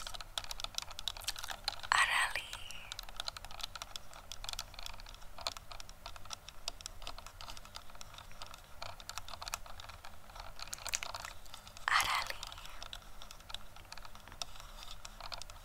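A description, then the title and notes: Camera tapping: a fast, irregular run of small dry clicks and taps, dense like typing, continuing through the whole clip. Two louder, brighter bursts stand out at about 2 and 12 seconds, and a faint low hum runs underneath. ASMR Camera Tapping + Trigger Words.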